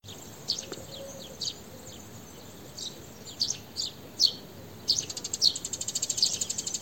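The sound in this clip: House sparrow chirps, scattered single notes at first, then a fast run of rapid repeated chirps near the end over a constant hiss.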